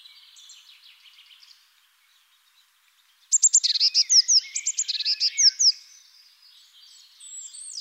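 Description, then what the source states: Eurasian blue tit starting with soft, buzzy notes and then a loud, rapid string of high chirps and short downward trills. Recorded in the Netherlands.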